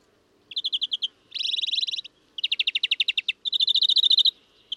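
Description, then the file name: European greenfinch giving twittering runs of rapid notes in several bursts separated by brief gaps. "Chloris chloris"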